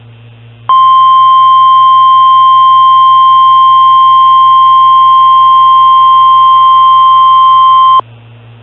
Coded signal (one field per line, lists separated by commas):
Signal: Emergency Alert System (SAME) tones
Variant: 1050 Hz attention tone